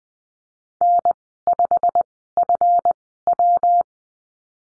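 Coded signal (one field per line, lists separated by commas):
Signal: Morse code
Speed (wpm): 20 wpm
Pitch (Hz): 700 Hz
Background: none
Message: N5FW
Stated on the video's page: Morse course lesson on letter Y with call signs, Farnsworth speed 20/10wpm.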